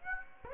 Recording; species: mosquito wingbeat signal from an infrared sensor; Aedes aegypti